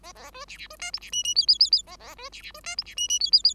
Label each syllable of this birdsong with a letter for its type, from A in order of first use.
A A B C C B D E C F F G G G G A A B C C B D E C F F G G G